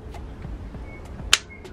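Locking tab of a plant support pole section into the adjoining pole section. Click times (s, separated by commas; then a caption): 1.3 s. A bottom plastic grow pole, planted in a pot, has its locking tab pushed through the top pole section until it clicks under that pole's soil tab. After low handling rustle and a faint tick near 0.2 s, a sharp, bright click sounds at 1.3 s. The tab flips underneath and the two pole sections are seated and secure.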